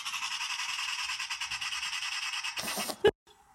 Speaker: On entend le cri de la pie bavarde.